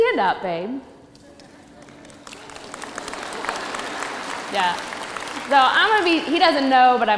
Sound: applause

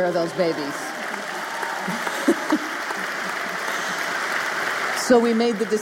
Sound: applause

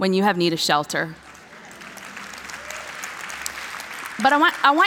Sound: applause

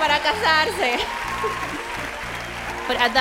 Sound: A cheering roar goes up from the ladies. laughs

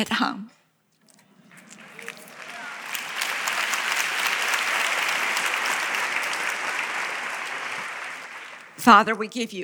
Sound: applause

